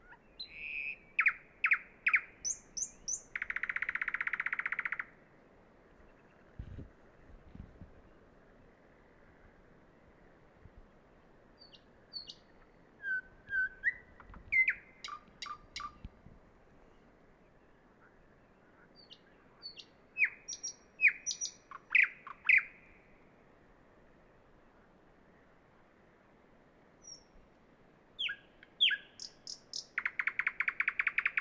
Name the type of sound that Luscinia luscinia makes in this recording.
song